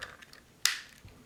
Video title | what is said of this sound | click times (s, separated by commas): Westonetek Universal Car CD Slot Mount Phone Holder | you can hear it lock into place. | 0.7 s